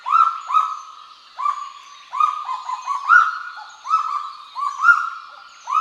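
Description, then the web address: Kagu yelping notes, loud and ringing, coming in pairs and short runs, with brief quieter stretches between bursts. "sound Kagu. صدای-پرنده-کاگو"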